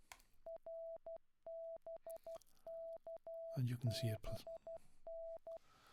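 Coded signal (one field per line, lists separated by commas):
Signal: Morse code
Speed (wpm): 12 wpm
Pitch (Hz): 660 Hz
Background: speech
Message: RBKBN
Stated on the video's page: Morse generated by a Windows 10 PC program from typed input, with selectable tone frequency, words per minute, inter-digit pause and inter-group pause.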